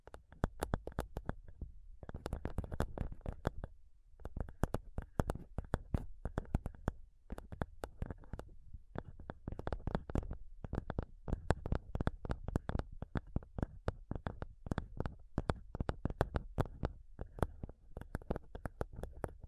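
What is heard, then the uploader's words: Fingernails tap rapidly on a microphone, making dense bursts of sharp clicks with a thudding low body. The tapping comes in quick irregular runs, with brief pauses near two, four and nine seconds. ASMR INTENSE MIC TAPPING Sounds Using Nails (no talking).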